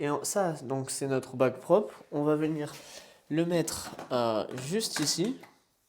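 The clean water tank of a Tineco Floor One S9 Artist Series wet-dry floor vacuum is handled and brought toward its bay on the vacuum body while someone talks. No click is heard; the tank has not seated or clicked into place yet.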